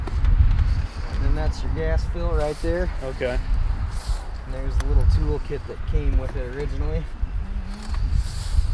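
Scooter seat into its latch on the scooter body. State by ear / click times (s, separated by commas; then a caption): seated / 7.9 s. Someone talks while showing a scooter's storage compartment and fuel fill under the seat. At 7.9 s the scooter seat is closed back down over them and its latch snaps shut, seating the seat into its latch on the scooter body.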